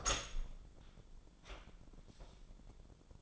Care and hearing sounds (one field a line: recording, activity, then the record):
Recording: daily activity, microphone in the room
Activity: open door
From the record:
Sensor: 5